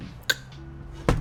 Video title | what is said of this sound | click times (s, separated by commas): LEGO Build - Set 76328 Classic TV Series Batmobile - Part 2 | Those little clicks. | 0.3 s, 1.1 s